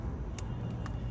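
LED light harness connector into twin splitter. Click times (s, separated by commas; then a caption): 0.4 s, 0.9 s. A plastic LED wheel light harness connector on a Can-Am Ryker 900 Sport is pushed into a twin splitter over a steady low rumble. It gives two sharp clicks at 0.4 s and 0.9 s, and the connector locks in place, seated.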